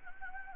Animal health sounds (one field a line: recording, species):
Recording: mosquito wingbeat signal from an infrared sensor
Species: Anopheles gambiae